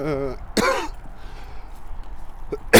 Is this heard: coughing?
yes